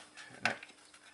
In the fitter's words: i did the usual thing made a few profiles got one that actually worked and it clicked in there like that